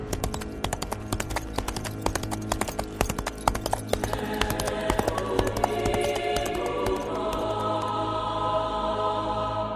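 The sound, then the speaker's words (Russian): Quick, sharp hoofbeats of General Deatur's horse galloping away from the burning capital clatter in a steady rhythm, then thin out and fade after several seconds as a steady, sustained tonal hum takes over. “Бросив последний взгляд на пылающую столицу, он развернул своего коня и поскакал прочь.”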